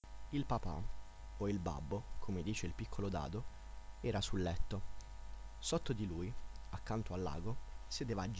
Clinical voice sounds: read passage; Italian; male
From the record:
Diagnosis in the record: healthy control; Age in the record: 19 years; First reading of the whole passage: 46 s, 11.4 characters per second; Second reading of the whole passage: 54 s, 9.6 characters per second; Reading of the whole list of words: 54 s, 5.2 characters per second

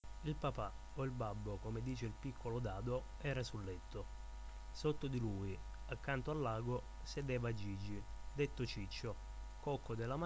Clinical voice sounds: read passage; Italian; male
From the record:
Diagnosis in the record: healthy control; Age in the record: 21 years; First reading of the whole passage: 51 s, 10.2 characters per second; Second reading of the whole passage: 47 s, 11.0 characters per second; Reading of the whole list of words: 60 s, 4.7 characters per second

